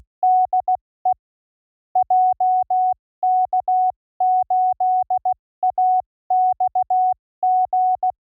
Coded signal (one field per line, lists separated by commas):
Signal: Morse code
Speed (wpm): 16 wpm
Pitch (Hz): 740 Hz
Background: none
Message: DE JK8AXG